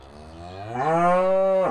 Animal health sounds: contact call of a hoofed animal; cattle; low-frequency (closed-mouth) or high-frequency (open-mouth) call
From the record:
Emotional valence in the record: negative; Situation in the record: full separation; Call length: 1.70 s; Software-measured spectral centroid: 1200 Hz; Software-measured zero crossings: 1450 a second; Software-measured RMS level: -22 dBFS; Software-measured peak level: -8 dBFS

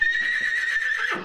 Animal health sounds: contact call of a hoofed animal; horse; whinny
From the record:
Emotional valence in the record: negative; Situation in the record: separation from one group member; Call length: 1.24 s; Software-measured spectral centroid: 2480 Hz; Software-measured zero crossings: 3650 a second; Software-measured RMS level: -24 dBFS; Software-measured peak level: -10 dBFS

